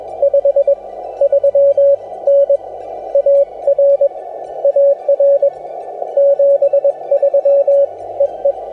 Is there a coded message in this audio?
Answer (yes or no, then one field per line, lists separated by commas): yes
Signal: Morse code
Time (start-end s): 0.2-8.5 s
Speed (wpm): 19 wpm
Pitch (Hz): 550 Hz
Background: music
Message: 53N AR AR 73 EE